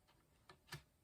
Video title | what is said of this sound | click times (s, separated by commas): Easy sentiments | and it locks into place I'm I'm wiggling it | 0.5 s, 0.7 s